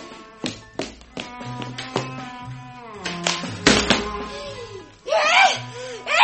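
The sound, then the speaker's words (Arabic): Several sharp smacking blows of a large newspaper striking a man's head land in quick succession, followed by a heavy thud of his body hitting the floor, with pained groans, gasps and a loud cry mixed in. “ايه انا ضربته بالجريده على راسه ونزل على الارض سايح في دم ومسرق.”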